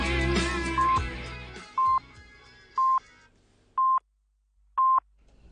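Five short, steady telephone keypad tones sound about a second apart, each a clean mid-pitched beep; the first few ride over a dense musical backdrop that drops away, leaving the last beeps alone.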